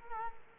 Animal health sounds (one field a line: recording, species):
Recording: mosquito wingbeat signal from an infrared sensor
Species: Culex quinquefasciatus